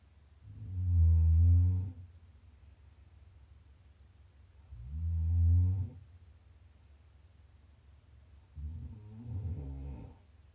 ASMR Snoring. Please enjoy some prime ASMR snoring. You can listen to sleep, to relax, to wind down.